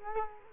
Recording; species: mosquito wingbeat signal from an infrared sensor; Culex quinquefasciatus